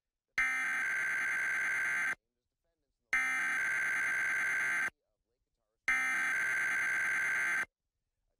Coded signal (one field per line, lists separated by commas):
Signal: Emergency Alert System (SAME) tones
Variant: header bursts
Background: speech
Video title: KRON Emergency Alert System - San Francisco Required Monthly Test (June 14, 2016)